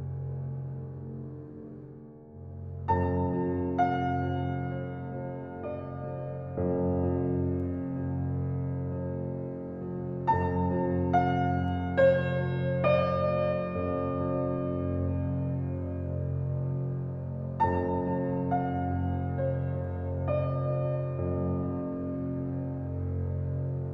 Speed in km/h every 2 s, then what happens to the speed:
90, 90, 91, 92, 91, 91, 86, 83, 80, 80, 79, 78.
0-11 steady at about 91. 11-15 slows to 80. 15-24 steady at about 79.